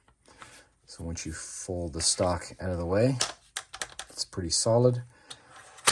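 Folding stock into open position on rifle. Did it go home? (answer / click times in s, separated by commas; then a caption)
yes / 5.9 s. Someone talks while the folding stock on a Kriss Vector 22lr Duotone (Canadian) rifle is handled, with a few short sharp clicks between 3.6 and 4.0 seconds. The stock is opened out and snaps into its open position with a crisp metal click at 5.9 seconds, locking in place.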